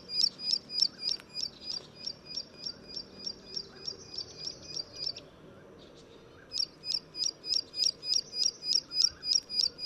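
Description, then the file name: Plain prinia singing a fast series of high, sharp, identical notes, roughly three or four each second, breaking off briefly before resuming. "褐頭鷦鶯"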